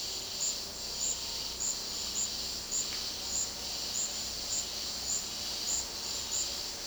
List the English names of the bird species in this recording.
none